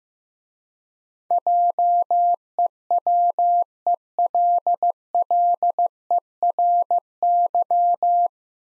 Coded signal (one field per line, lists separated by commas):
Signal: Morse code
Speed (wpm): 15 wpm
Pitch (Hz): 700 Hz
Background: none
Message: JEWELLERY